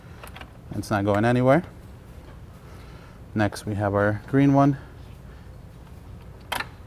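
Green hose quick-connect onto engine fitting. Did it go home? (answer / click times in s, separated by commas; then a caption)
no / none. On a 2006–2008.5 Volkswagen Mk5 GTI (BPY/CRZA EA113 engine) during a timing belt and water pump replacement, the second, green hose quick-connect line is handled at its engine fitting while someone talks. A brief sharp sound comes near 6.5 s, but nothing has seated or clicked on yet.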